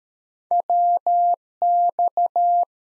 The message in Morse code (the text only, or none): WX